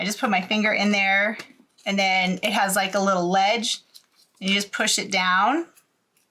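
Someone talks while pushing a filter down past a small ledge inside the plastic filter housing of a Saker 3 in 1 cordless handheld vacuum cleaner, using a finger. Speech fills most of the clip, with only a faint tick near the end at 6.2 s. Nothing has seated or clicked yet.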